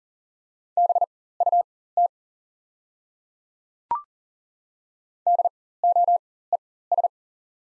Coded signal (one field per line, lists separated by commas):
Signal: Morse code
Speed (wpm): 40 wpm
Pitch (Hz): 700 Hz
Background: none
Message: BUT DOES